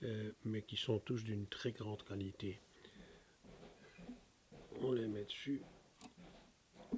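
A capo is put onto a guitar neck and clamped shut while someone talks. Its locking mechanism gives a short, sharp click at 6.0 s as it seats in place.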